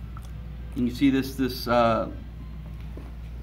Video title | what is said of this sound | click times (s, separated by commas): How to use a Bolex H16 Reflex Camera | you know, unclick it here, and | 0.2 s